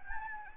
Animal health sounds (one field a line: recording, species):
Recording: mosquito wingbeat signal from an infrared sensor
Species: Anopheles gambiae